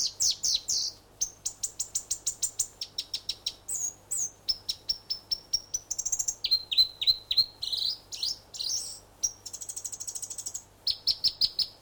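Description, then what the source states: North Island robin song, a lively stream of high, clear whistles delivered in quick repeated runs, with the pitch shifting up and down between runs and brief pauses. New Zealand.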